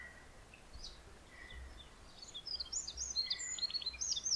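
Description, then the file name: Eurasian wren song: a rapid burst of high, sharp trilled and chattering notes starting midway and running to the end, over a low steady background rumble. "Troglodytes troglodytes"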